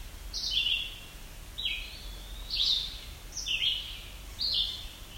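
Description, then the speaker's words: Yellow-bellied sapsucker uttering several whiny, squeaky downward-slurred calls, roughly one per second, clear above a quiet low hum. Squeaky call likened to a rubber or squeegee toy. "Sounds kind of like a rubber toy. That is yellow-bellied sapsucker."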